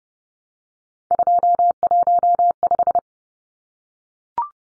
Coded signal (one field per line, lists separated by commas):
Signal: Morse code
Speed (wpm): 30 wpm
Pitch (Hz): 700 Hz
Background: none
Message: 215